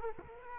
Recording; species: mosquito wingbeat signal from an infrared sensor; Culex quinquefasciatus